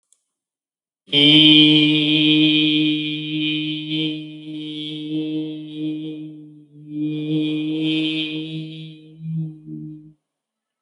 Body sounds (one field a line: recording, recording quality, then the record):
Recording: sustained vowel as in beet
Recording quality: excellent, no background noise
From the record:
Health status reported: healthy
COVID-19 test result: negative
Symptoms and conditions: none ticked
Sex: male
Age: 47 years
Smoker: not ticked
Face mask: not worn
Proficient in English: yes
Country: India